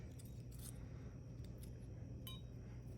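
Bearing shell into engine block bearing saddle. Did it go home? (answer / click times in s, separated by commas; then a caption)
no / none. During an engine block teardown, a metal bearing shell is tried in its engine block bearing saddle, with only small, faint metallic clinks and a brighter ringing clink near 2.3 s over a steady low hum. The bearing shell will not sit or lock into place, and nothing has snapped or seated yet.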